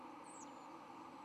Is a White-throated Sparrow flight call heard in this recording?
no